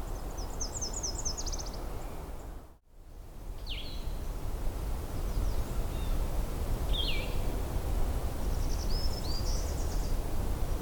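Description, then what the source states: Blue-headed Vireo song: two short slurred phrases a few seconds apart, with a high warbler series near the end over steady background noise. Recorded together with a black-throated green warbler.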